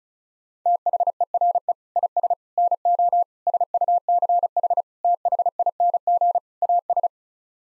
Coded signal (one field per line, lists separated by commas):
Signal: Morse code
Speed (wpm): 34 wpm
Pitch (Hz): 700 Hz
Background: none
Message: THERE IS NO SUCH THING AS